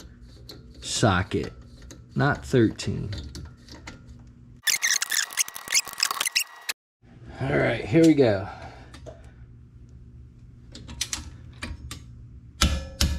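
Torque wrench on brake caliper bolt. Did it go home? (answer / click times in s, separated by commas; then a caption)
yes / 12.6 s, 13.0 s. Someone talks while a torque wrench with a 14 mm socket tightens a rear brake caliper bolt on a Porsche 911 during a rear brake upgrade. The wrench clicks at 12.6 s and 13.0 s, confirming the bolt has reached the set torque.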